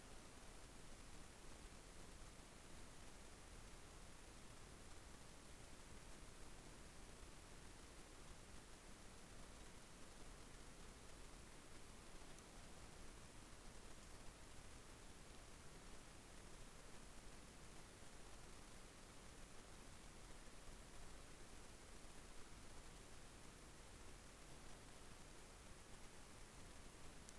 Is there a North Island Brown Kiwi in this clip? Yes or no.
no